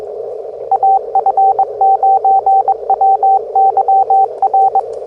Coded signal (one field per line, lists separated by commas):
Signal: Morse code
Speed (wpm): 21 wpm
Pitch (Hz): 780 Hz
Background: radio noise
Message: AF9WYR